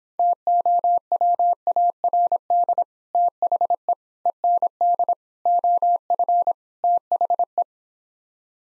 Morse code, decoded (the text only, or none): TOWARD THE END OF THE